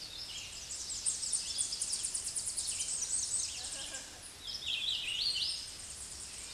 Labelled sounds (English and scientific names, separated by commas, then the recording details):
Hooded Warbler (Setophaga citrina) song
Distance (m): 20 m
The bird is about 5 m above the microphone
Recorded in a Pennsylvania forest on 16 May 2024 at 08:01
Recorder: AudioMoth, point MSD-2478
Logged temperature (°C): 15.6 °C
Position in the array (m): 40 m, 181 m